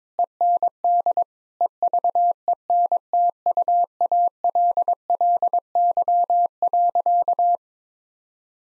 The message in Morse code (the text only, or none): END EVENTUALLY.